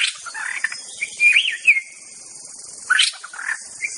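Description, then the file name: White-rumped Shama song, varied warbled notes and a sliding whistle that levels out, then a burst of harsher notes, over a continuous high insect hum. Forest-living bird. "suara muraibatu hutan. omkicau"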